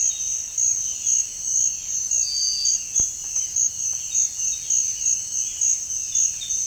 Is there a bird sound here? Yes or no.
yes